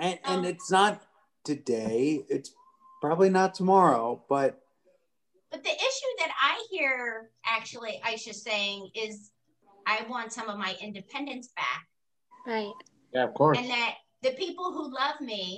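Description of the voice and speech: A woman speaks in a conversational, mid-pitched voice with natural rises and falls and brief pauses between phrases. Articulation is clear and the rhythm is smooth, with only an ordinary restart of one word. This is fluent, typical speech with no sign of a speech or voice disorder.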